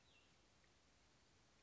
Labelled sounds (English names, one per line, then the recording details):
Cassin's Vireo
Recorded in Sonoma County, California